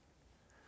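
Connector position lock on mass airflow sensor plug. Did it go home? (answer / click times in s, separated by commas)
yes / 0.5 s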